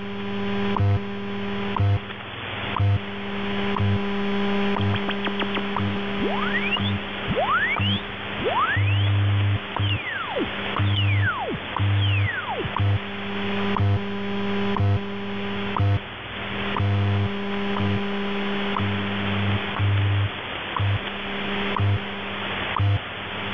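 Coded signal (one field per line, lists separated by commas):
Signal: radio time signal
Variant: WWVH test signal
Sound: steady hiss with repeated rising and falling chirp sweeps and short low tone bursts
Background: radio static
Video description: WWVH transmitting test signals in 15000 kHz, at minute 48, this catch was at 00:48 UTC, May 26 2022.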